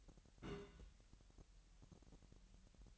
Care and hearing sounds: daily activity, microphone in the room; place on stove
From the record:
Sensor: 3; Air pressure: 1002.0 hPa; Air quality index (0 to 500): 249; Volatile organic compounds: 51 ppm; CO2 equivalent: 3304 ppm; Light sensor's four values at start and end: 7/15/6/6 and 7/15/6/6

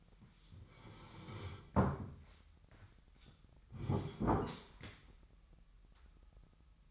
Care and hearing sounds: daily activity, microphone in the room; sit down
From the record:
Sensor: 3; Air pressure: 998.5 hPa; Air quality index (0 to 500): 130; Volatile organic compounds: 4 ppm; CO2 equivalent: 1552 ppm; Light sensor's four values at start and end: 11/27/11/12 and 11/27/11/12

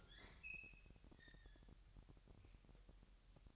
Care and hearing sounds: daily activity, microphone in the room; open fridge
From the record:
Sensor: 3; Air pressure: 1001.9 hPa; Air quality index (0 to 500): 245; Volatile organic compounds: 50 ppm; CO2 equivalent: 3292 ppm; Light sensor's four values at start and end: 12/36/15/13 and 12/36/15/13

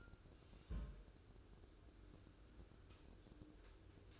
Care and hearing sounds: daily activity, microphone in the room; place on stove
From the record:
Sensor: 2

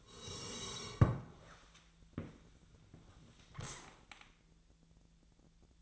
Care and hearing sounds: daily activity, microphone in the room; sit down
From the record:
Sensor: 3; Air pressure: 1000.4 hPa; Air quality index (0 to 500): 171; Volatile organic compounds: 3 ppm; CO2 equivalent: 1488 ppm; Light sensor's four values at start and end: 13/32/13/14 and 14/32/14/14

